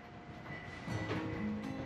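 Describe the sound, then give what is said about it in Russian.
A tram rumbles and rattles along its rails, a steady mechanical clatter with faint tonal whines and squeals rising over the low rumble, no voices present. “Остановка. Парень выходит из трамвая.”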